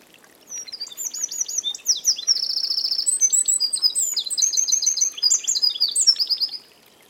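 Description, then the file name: Eurasian wren singing a long, vigorous, very high burst of rattling trills and clear notes for about six seconds, the pace rapid and unbroken before ending abruptly. "Troglodytes troglodytes"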